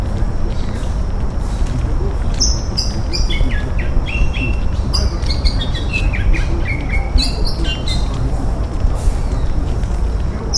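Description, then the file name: Bird calls: short, high chirps and clipped notes scattered through most, starting after about two seconds, over a steady strong low rumble. "SABIOD 50 bird 2015"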